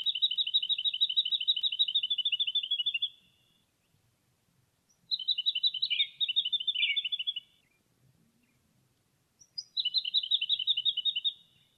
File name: suara jacky winter